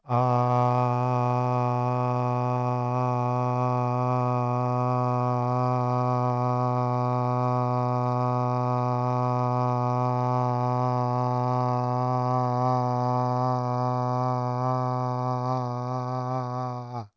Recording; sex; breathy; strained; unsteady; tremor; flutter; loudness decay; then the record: sustained vowel /a/; male; absent; absent; present; absent; absent; absent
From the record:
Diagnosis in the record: Parkinson's disease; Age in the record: 50 years